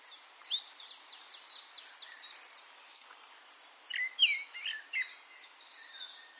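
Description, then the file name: Eurasian blackcap calls: sharp, short high notes repeated about three times a second, with a few brief lower whistles mixed in, over steady background hiss. "Sylvia atricapilla"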